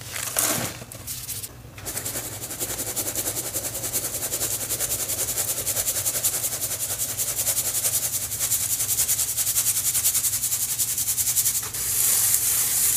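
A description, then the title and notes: Cornstarch crunchies being worked, with a dense, fast rattle of fine crackling and hiss after a quieter, sputtering start and brief pause near twelve seconds. Reforming my crispy green cornstarch crunchies. Cornstarch crunchies powder ASMR, including Rolling pin crushes, pebble crushes, sifting.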